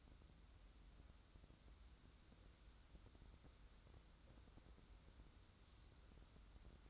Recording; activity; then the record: daily activity, microphone in the room; wipe stove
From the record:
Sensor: 3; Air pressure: 994.4 hPa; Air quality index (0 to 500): 210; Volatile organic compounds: 1000 ppm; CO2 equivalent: 6995 ppm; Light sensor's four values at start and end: 169/405/168/164 and 198/478/201/199